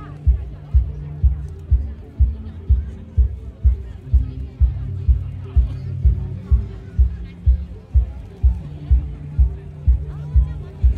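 Live sound from a music festival, muffled: a heavy bass drum thumps at a steady, fast beat, about twice a second, under a low, booming music bed. Little treble comes through, and faint crowd chatter sits in the background.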